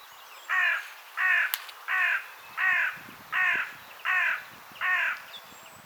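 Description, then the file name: Carrion crow cawing: seven harsh, even caws spaced about seven tenths of a second apart, with faint low rumbling underneath. "Corvus corone"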